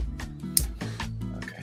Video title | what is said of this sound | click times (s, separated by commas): USAGS Black Friday Live Build Marathon! w/ZakuAurelius | there we go get that popped into place there | 0.6 s